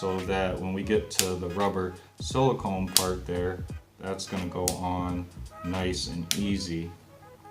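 Someone talks while handling the two hard plastic halves of an OtterBox Defender Series rugged case around a Google Pixel 3 XL smartphone, working on the shell latches so that every latch clicks into place and the rubber silicone part will go on easily. Nothing has seated or clicked yet when the clip ends.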